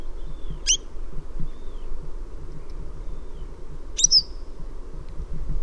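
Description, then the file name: Western yellow wagtail giving two short, sharp, high calls a few seconds apart, with faint thin whistles and steady low background noise. "Cutrettola"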